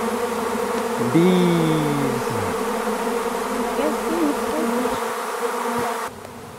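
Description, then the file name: Honey bee swarm humming steadily, with a louder tone falling in pitch early on, then the hum continues before dropping off sharply. "sonido enjambre de Abejas"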